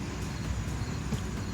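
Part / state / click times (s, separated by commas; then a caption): DC fast-charging connector into an electric car's charge port / not seated / none. A heavy, thick liquid-cooled DC fast-charge cable and connector are lifted and lined up with the charge port of a Hyundai Ioniq (28kWh) electric car, just before being pushed in. The sound is a steady low rumble with soft handling bumps and no sharp transients. Nothing has seated or clicked yet.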